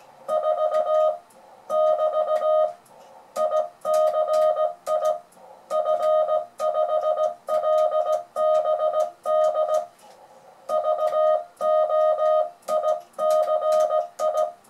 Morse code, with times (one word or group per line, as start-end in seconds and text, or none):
0.3-1.1 4
1.7-2.7 <BT>
3.4-5.1 ICI
5.7-9.8 F5LBD
10.7-14.4 VOICI